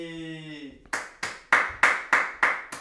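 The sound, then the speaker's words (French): A single person claps alone in lockdown-style applause, six times in a steady, even rhythm, each clap loud and sharp, right after a short sung vocal note fades out. “C'est les applaudissements de confinement. C'est ça. Tout seul.”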